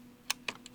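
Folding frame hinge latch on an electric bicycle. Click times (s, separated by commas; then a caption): 0.3 s, 0.5 s. The folded electric bicycle frame is swung back up and its folding hinge latch is closed, locking the frame in place. Sharp mechanical clicks sound at 0.3 s and 0.5 s, followed by a fainter click at about 0.7 s. The latch is seated and the frame is locked.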